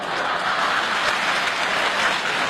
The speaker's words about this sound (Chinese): 你看爷爷奶奶们给你这么热烈鼓掌，高兴不高兴？